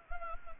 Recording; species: mosquito wingbeat signal from an infrared sensor; Anopheles gambiae